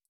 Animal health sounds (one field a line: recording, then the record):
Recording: hydrophone in a shrimp aquaculture tank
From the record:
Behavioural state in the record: stressed